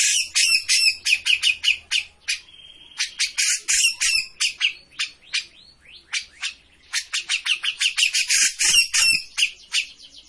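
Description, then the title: Grey-cheeked bulbul giving rapid scratchy chatter mixed with a brief steady whistled note and varied harsher phrases. Bird-training master (masteran) of a cucak jenggot singing continuously (gacor). "Cucak Jenggot Gacor. Masteran burung cucak jenggot ! Suaka burung"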